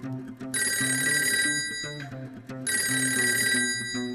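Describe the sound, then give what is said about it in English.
A telephone rings twice as Mama calls the doctor in a children's song, two bright, buzzy bursts of about a second each with a short pause between, playing over a bouncy background tune. “Mama called the doctor and the doctor said, oh no!”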